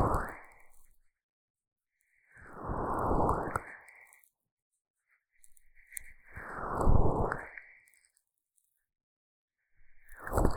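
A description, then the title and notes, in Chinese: An ear massage with sticky aloe gel, heard as slow, wet, squelching rubs that swell and fade in long strokes about every three to four seconds. Each pass is full and crackly, with a soft sticky shimmer on top and near silence between strokes. ASMR 蘆薈凝膠按摩耳朵 | Aloe based gel sticky Earmassage | 3Dio | NoTalking。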